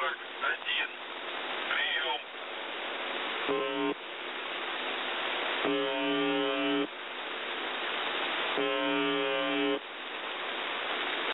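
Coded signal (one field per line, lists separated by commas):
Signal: numbers station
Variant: UVB-76 (The Buzzer)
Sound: hissy static broken by three harsh one-second buzzes, with brief faint sounds near the start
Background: radio static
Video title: Partial Buzzer Message, 1540z, 4625 kHz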